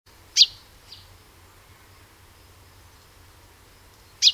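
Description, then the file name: Common chaffinch with two brief, piercing high call notes about four seconds apart, a faint softer chip shortly after the first, quiet background otherwise. "Fringilla coelebs"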